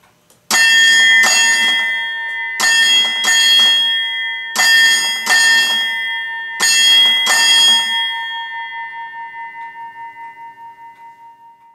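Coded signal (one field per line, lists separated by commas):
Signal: ship's bell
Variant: Chelsea ship's bell clock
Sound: eight bright bell strikes in four pairs, then a long ringing fade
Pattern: 2-2-2-2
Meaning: Eight bells marks the end of a four-hour watch, here eight o'clock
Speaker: let's hear all eight bells at eight o'clock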